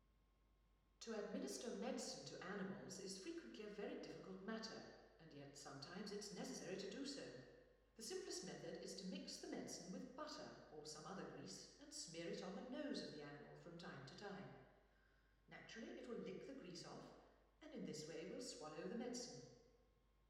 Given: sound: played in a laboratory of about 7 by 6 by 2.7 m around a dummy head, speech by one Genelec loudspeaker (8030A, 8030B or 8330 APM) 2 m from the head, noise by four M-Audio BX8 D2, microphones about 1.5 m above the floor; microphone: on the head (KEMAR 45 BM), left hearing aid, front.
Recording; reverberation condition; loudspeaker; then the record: female speech in English; high; 120 degrees to the left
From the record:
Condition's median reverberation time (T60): about 1300 ms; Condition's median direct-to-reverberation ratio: about -4.0 dB